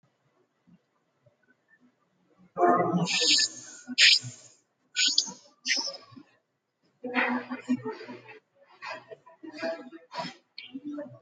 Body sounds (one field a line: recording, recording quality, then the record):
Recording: shallow breathing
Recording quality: poor, much background noise or distortion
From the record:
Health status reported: healthy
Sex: female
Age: 23 years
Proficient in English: yes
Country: India